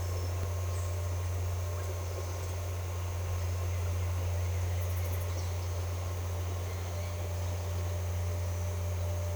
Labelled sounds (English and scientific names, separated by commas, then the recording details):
none
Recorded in secondary vegetation near Puerto Asís, Putumayo, Colombia, on 16 December 2024 at 07:00
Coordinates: 0.468, -76.324
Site G095